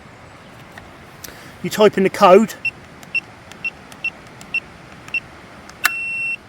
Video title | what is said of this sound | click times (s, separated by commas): Folding E-Bike vs Steep Hill: Fiido X v2 Review and Hill Climb Test | I don't know if you heard that click that's basically the battery released | 5.9 s